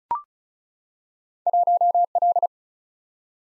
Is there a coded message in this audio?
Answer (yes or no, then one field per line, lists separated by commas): yes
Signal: Morse code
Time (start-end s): 1.5-2.5 s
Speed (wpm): 34 wpm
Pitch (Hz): 700 Hz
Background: none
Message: 1L